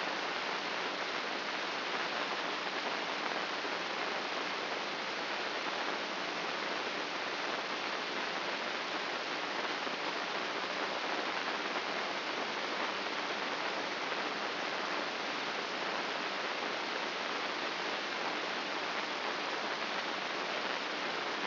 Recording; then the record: brain microelectrode recording played as sound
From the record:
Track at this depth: outside the subthalamic nucleus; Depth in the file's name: 7.228 mm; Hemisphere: left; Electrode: 3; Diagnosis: Parkinson's disease